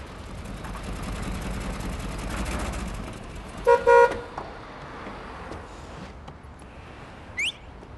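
A small yellow car rumbles in and pulls up at a workshop, its engine noise settles, then two quick, bright honks of the horn sound back to back, followed by quieter idling and a brief high squeak.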